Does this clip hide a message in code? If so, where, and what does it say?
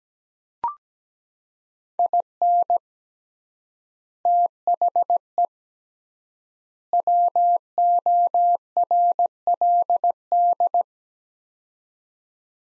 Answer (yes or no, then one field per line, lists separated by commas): yes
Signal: Morse code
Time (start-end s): 2.0-10.8 s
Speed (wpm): 17 wpm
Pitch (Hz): 700 Hz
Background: none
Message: IN THE WORLD